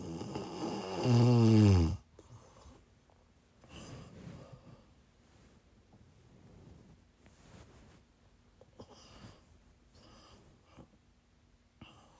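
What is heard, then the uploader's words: Snoring opens with one loud, rattling snore lasting about two seconds, low and buzzing with a rough throaty tone. After it, quieter breaths and softer snore-like sighs come and go every couple of seconds, with a faint steady hum underneath and a small click near the end. ASMR snoring.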